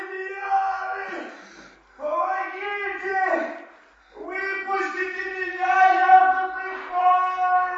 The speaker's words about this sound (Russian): Что это за крики?